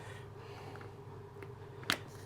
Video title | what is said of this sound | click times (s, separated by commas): Paint spraying in a small workshop - Episode 2 using the gun (Grako Ultra Handheld Airless) | and let's turn that and that's all locked into place | 1.9 s